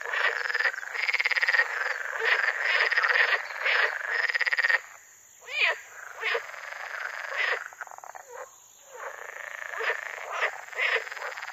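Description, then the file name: Water frog croaks as rapid pulsed rattles in bursts, a busy stretch broken by short pauses, then separate rattling calls returning every second or so. "grenouille verte"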